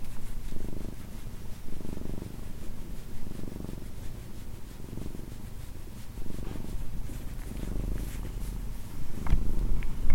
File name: Cat Purr